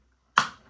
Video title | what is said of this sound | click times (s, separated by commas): How to make coffee using k-cap capsules CAFELFFE 5-in-1 Hot/Cold Capsule Coffee Machine MK606 DIY | click. This click sound means we are ready to use that. | 0.4 s